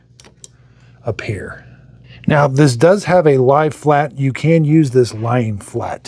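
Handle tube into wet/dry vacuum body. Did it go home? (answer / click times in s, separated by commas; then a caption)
yes / 0.4 s. A plastic handle tube is lined up with the body of a Roborock F25 Ace wet/dry vacuum, bottom end inserted first, then rotated until it locks, seating with a sharp click at 0.4 s. Someone then talks.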